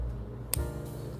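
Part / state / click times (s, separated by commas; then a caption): wooden puzzle piece into wooden model frame / seated / 0.5 s. A wooden puzzle piece is pressed home into the wooden model frame of a 3D wooden Kissa Coffee House puzzle kit. Over a steady low background, it gives a single sharp, loud click at 0.5 s. The piece seats.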